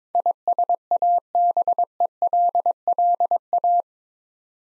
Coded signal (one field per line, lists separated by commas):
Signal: Morse code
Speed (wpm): 22 wpm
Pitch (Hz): 700 Hz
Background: none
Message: ISABELLA